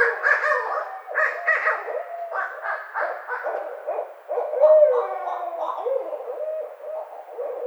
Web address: Barred Owl 2009 05 29 Barred Owl